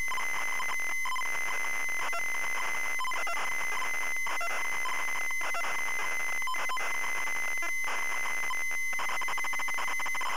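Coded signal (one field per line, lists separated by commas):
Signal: ZX Spectrum tape loading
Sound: continuous harsh buzzing screech with rapidly changing tones and brief pauses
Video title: ZX SPECTRUM Loading Fighter Pilot 1983 Digital Integration Ltd.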